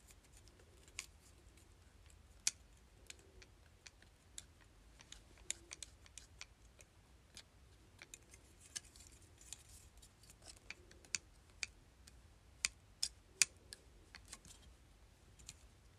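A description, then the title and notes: A claw clip snaps and clicks over and over, sharp bright ticks arriving irregularly, roughly one or two each second, with a few louder snaps near the end. Between clicks there is a low, steady hum and faint soft rustling. ASMR Claw Clip.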